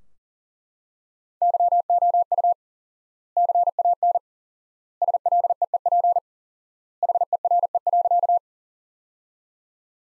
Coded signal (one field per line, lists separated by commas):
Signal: Morse code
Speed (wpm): 37 wpm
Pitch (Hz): 700 Hz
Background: none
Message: YOU CAN SLEEP HERE.